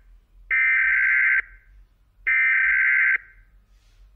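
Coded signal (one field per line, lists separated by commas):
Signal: Emergency Alert System (SAME) tones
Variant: header bursts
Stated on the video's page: Fictional tornado alert scenario for Kansas.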